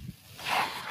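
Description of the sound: A soft airy hiss swells up after a quiet moment: airflow from a home mechanical ventilator delivering a breath.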